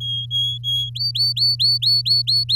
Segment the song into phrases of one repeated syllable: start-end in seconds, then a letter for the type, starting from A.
0.00-0.90 A, 0.95-2.55 B